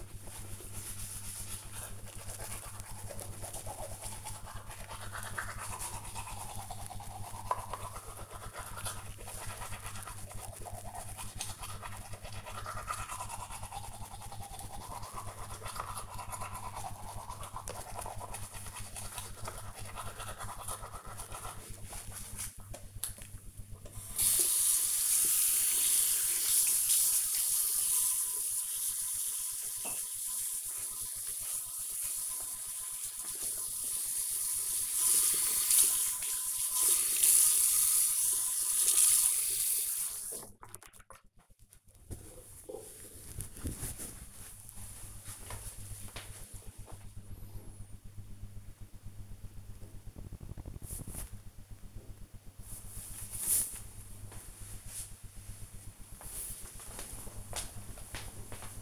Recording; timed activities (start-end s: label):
household activities, microphone on the right wrist
0.00-41.23 s: brushing teeth